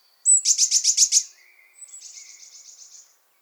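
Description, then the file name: Eurasian blue tit call, a loud series of six harsh buzzy notes, then a quieter, thinner trilling chatter trailing off. "Cyanistes caeruleus"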